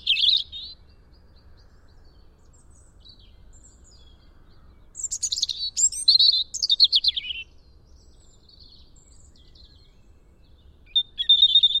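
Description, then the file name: European robin song: short bursts of high, thin, varied warbling phrases separated by long pauses, a sweet twittering phrase near the start, a longer one midway and another at the end. "Erithacus rubecula"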